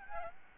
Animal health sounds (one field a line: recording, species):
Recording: mosquito wingbeat signal from an infrared sensor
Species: Aedes albopictus